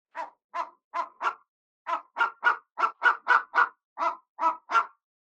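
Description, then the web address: Bateleur giving harsh, barking chirps, about fourteen short notes in quick groups of three or four, separated by brief pauses; otherwise quiet. "eagle bateleur chirp"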